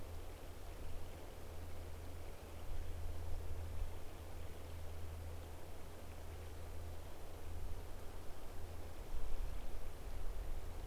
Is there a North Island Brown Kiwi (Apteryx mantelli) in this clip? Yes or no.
no